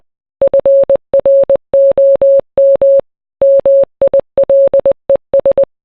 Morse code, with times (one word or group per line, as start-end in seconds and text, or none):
0.4-3.0 FROM
3.4-5.6 MILES